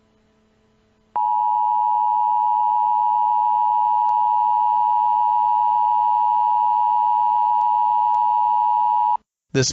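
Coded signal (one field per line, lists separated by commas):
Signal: Emergency Alert System (SAME) tones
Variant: 853 and 960 Hz attention tone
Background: speech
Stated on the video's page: Fictional EAS scenario depicting an attack on Minneapolis; simulated alert.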